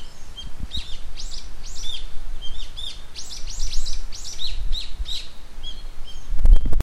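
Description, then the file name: Brown-eared bulbul calls, a run of loud, harsh, downslurred notes repeated irregularly over low rumbling background noise, ending in a burst of noise. "hiyodori"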